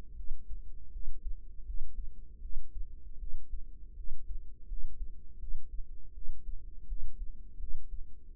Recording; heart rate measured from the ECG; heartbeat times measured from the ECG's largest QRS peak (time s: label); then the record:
heart sounds by microphone in the right ear; 81 bpm
0.15 s: heartbeat
0.91 s: heartbeat
1.64 s: heartbeat
2.40 s: heartbeat
3.17 s: heartbeat
3.94 s: heartbeat
4.66 s: heartbeat
5.38 s: heartbeat
6.12 s: heartbeat
6.86 s: heartbeat
7.58 s: heartbeat
8.32 s: heartbeat
From the record:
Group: healthy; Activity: rest 0-2 s, light exercise 2-8 s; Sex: female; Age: 19 years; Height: 163 cm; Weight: 48.9 kg